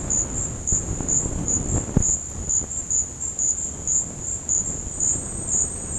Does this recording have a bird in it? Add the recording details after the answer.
no. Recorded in dense forest near Puerto Asís, Putumayo, Colombia, on 26 December 2024 at 10:30. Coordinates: 0.481, -76.323. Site G100